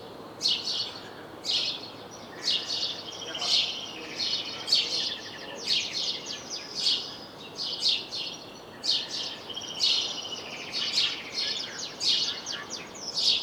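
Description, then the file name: House sparrow chirping calls, short bright chirps given in quick bursts of two or three, repeated steadily throughout over a soft background hiss. "Passer domesticus"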